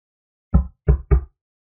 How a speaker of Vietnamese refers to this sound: Có tiếng gõ cửa phòng ở bên ngoài.